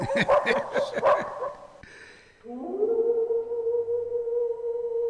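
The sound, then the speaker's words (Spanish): Wolves in Siberia howling from hunger: a burst of overlapping yips and whines gives way to a long, steady, mid-pitched howl that holds its tone for several seconds. “Los lobos aullan de hambre en Siberia.”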